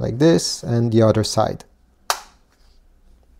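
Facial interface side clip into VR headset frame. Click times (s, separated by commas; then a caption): 2.1 s. Someone talks while the remaining side clip of a silicone facial interface is pressed into a Meta Quest 3 VR headset. It snaps in with a single loud, sharp click at 2.1 s, after which the clip is quiet. The side clip is seated.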